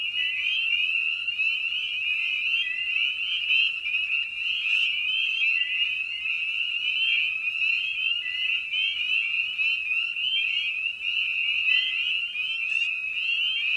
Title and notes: Night of the Peepers. Spring Peeper (Pseudacris crucifer). Ian Carlsen